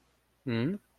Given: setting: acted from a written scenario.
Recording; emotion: vocal sound without words; confusion